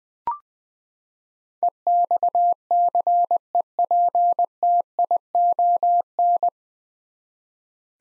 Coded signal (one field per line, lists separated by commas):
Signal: Morse code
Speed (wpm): 20 wpm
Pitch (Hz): 700 Hz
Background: none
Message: EXCEPTION